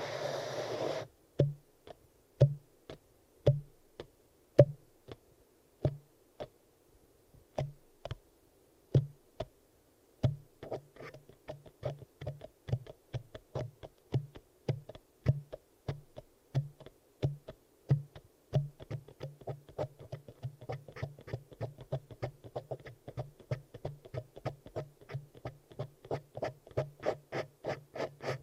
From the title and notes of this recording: ASMR Ear Melting Eardrum Massage for Sleep (No Talking).